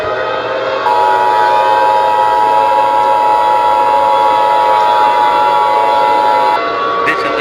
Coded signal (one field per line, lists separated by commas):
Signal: Emergency Alert System (SAME) tones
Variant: 853 and 960 Hz attention tone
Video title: EAS Scenario: Eyes in the sky